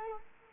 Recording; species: mosquito wingbeat signal from an infrared sensor; Culex quinquefasciatus